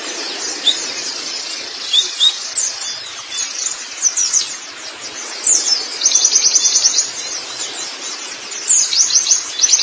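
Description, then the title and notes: White-eye song: scattered high chirps, then fast rattling trills of sharp twittered notes repeating near the end. "Kicauan Burung Pleci Durasi Panjang. Suara kicauan burung pleci"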